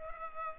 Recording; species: mosquito wingbeat signal from an infrared sensor; Culex pipiens